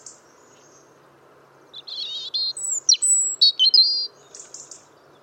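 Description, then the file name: European robin song phrase of fluttering high notes, thin sliding whistles and quick twittery elements, lasting about two and a half seconds amid quiet background noise. "Erithacus rubecula"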